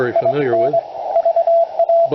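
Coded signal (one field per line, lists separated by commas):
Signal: Morse code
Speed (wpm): 22 wpm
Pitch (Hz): 670 Hz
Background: speech, radio noise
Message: IN VA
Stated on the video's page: Morse from a 40 meter QCX kit transceiver on AA batteries into an end-fed half-wave wire in half-square geometry.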